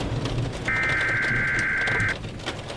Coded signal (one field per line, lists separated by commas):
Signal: Emergency Alert System (SAME) tones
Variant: header bursts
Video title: [EAS Scenario] Just a Summer Day Part 1 [Immersive EAS]